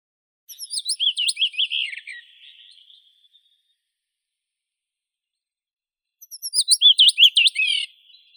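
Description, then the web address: Blue rock thrush song: two short bursts of rich, warbled phrases a few seconds apart, the first fading into a thin trailing note, with silence between. "Monticola solitarius song. birds of the ussr"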